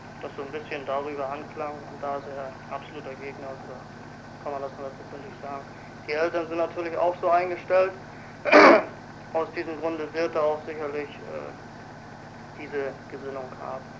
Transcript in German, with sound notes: dass so 'n bisschen darüber anklang und da is' er absoluter Gegner, da kann man das nur 100-prozentig sagen. Die Eltern sind natürlich auch so [räuspert] Aus diesem Grunde wird er auch sicherlich - äh - diese Gesinnung haben.